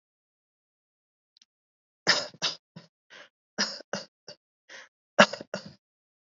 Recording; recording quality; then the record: shallow voluntary cough; excellent, no background noise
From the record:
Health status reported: healthy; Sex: male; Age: 24 years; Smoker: no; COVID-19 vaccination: both doses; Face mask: worn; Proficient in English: yes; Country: India